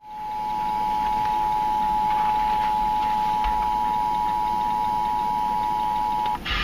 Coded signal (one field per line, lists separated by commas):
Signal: Emergency Alert System (SAME) tones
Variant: 853 and 960 Hz attention tone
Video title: EAS #18-19 - Required Monthly Tests